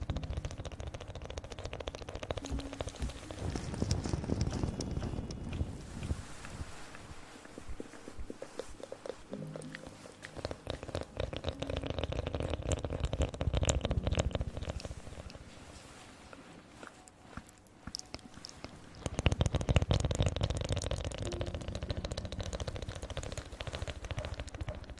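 Mouth sounds and ear blowing fill the recording. Soft puffs of breath and gentle rustling come in uneven waves, with bursts of crackly clicks and scratches. Louder gusts arrive around five, thirteen and nineteen seconds, and a quieter lull falls near sixteen seconds.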